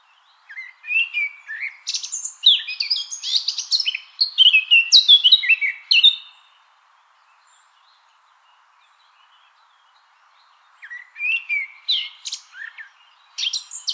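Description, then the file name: Eurasian blackcap song: a rapid, varied warble of chattering and fluty notes for about five and a half seconds, a pause, then more song. "Sylvia atricapilla"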